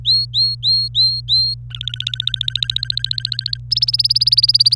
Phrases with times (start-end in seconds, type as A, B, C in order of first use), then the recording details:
0.05-1.54 A, 1.71-3.58 B, 3.71-4.75 C. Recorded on 25 April 2018 at 14:30. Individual llb3